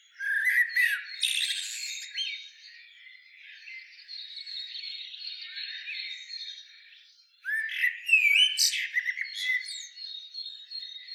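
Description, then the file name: Common blackbird: loud squawking and chattering bursts at the start and again in the second half, with softer notes between. "Turdus merula"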